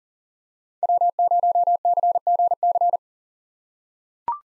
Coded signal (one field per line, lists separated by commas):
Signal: Morse code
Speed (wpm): 40 wpm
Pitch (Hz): 700 Hz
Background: none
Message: W0CGC